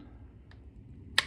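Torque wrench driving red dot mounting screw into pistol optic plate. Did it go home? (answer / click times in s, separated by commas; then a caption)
yes / 0.5 s, 1.2 s. A preset torque-limiting wrench with a Torx bit tightens a small steel mounting screw that holds a Primary Arms SLX RS-10 red dot onto the mounting plate on the slide of a Glock 45 MOS pistol. Under a low background hum, a faint click sounds at 0.5 s and a much louder, sharp click at 1.2 s. This is the wrench clicking at its torque setting.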